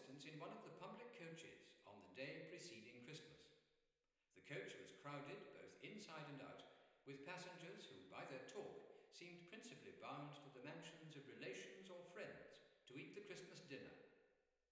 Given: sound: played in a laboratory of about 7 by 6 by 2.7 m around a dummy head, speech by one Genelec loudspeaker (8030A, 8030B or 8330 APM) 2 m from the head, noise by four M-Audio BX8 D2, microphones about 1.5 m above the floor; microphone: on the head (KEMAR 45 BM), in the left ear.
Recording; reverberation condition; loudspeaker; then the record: male speech in English; high; 60 degrees to the left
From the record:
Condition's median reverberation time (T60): about 1300 ms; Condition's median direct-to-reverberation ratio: about -4.0 dB